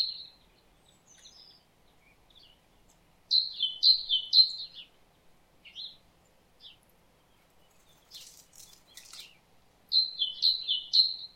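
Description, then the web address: Great tit singing see-saw two-note phrases, a burst of three then a pause, with scattered soft chips and a brief hiss before the next burst of three. "SETE data Parus major"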